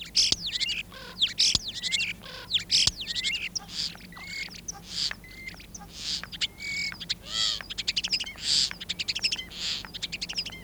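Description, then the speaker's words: Common Starling song, a varied chattering jumble of clicks, rattles, short whistles and high squeaky notes tumbling rapidly one after another. Chattering, very varied song; mimics other birds, can be taught to whistle; sings in front of its nest box while flapping its wings; nests in boxes or tree holes; Finland. "Kottaraisen laverteleva laulu on hyvin vaihtelevaa ja se on hyvä matkimaan muita lintuja."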